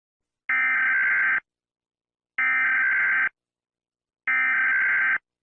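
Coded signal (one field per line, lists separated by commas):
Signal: Emergency Alert System (SAME) tones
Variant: header bursts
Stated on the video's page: Fictional EAS scenario about a Pacific earthquake.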